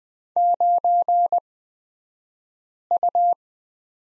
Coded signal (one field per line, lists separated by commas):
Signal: Morse code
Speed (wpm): 20 wpm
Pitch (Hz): 700 Hz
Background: none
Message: 9U